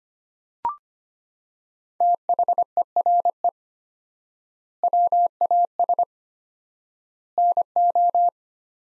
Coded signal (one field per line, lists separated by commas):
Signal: Morse code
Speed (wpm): 25 wpm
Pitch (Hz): 700 Hz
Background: none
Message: THERE WAS NO